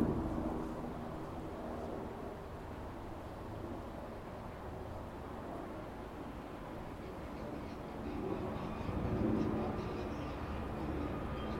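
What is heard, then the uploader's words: Outside a building overlooking Tamarama Beach near Bondi, a steady, dense low rumble fills the whole stretch, like surf or passing traffic. The wash holds fairly even, swelling louder between about eight and ten seconds with a few brief tonal sounds mixed in. Overlooking Tamarama Beach, Bondi, Sydney,. This recording comes from outside the building we stayed in overlooking the beautiful Tamarama Beach, which neighbors the well-known Bondi Beach outside of Sydney.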